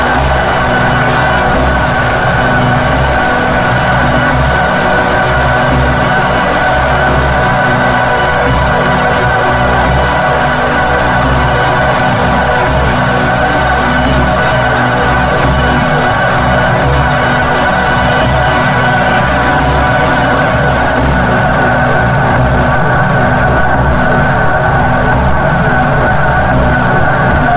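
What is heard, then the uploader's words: A steady noise runs the full length with no clear events, a dense hum with a strong low rumble and several constant tones in the middle range. The top end thins out after about twenty seconds, while the loudness stays flat throughout. Noise.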